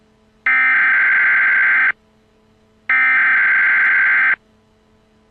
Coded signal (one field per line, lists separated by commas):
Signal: Emergency Alert System (SAME) tones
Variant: header bursts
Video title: Just a little sneak peak! |Nuclear EAS scenario| Pt 1 (WARNING FLASHING AND FLICKERING LIGHTS)